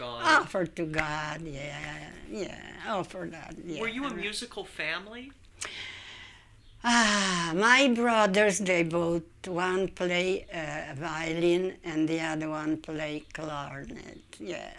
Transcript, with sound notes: Offer to God, yeah, yeah. Offer to God.
Were you a musical family?
( she sighs ) My brothers, they both, one play violin and the other one play clarinet, yeah.